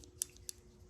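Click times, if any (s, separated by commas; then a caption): 0.2 s, 0.5 s. A Cold Steel AD 15 folding knife is closed, its steel blade folding into the handle, where a detent spring holds it. Two sharp, bright clicks sound at 0.2 s and 0.5 s, with faint ticks around them. The blade is seated and locked in place by the detent spring, though it is unclear which click is the final lock.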